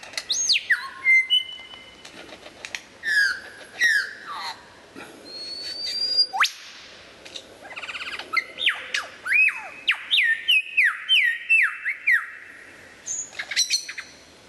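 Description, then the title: White-rumped shama pouring out a long, varied song of whistles, slurred phrases and sharp notes, building to a fast run of falling whistles. Described as the best murai batu of 2014, used for mastering (song training). "mster Mnuk. Mastering Murai Batu Terbaik 2014"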